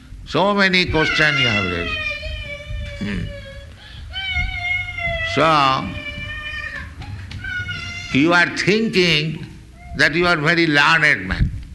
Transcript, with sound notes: So many questions you have raised. Hmm. [child screaming] So you are thinking that you are very learned man.